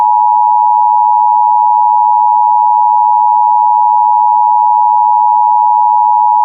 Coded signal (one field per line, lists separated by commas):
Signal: Emergency Alert System (SAME) tones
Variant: 853 and 960 Hz attention tone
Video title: Minnesota and Wisconsin Monthly Tests (EAS #559-569) 8/7/24